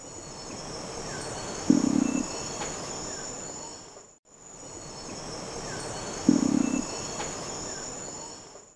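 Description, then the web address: Long-wattled umbrellabird giving a brief, deep humming boom, heard twice over a steady hiss of insects and forest background noise. "Long wattled umbrellabird. صدای-پرنده-چتر-مرغ-غبغب-دراز"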